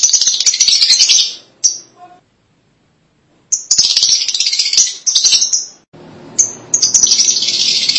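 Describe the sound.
Lovebird calls: shrill high-pitched chattering in bursts separated by short silences, with sharp chirps between.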